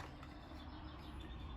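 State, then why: Not seated. A water hose quick coupling is lined up with the water connector on a concrete saw, ready to be pushed back in. Only a steady low rumble is heard, with a brief faint tap at 0.2 s. Nothing has seated or clicked yet.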